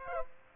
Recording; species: mosquito wingbeat signal from an infrared sensor; Aedes aegypti